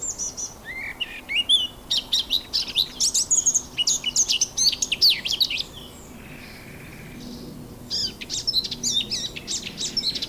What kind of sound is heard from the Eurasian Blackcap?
song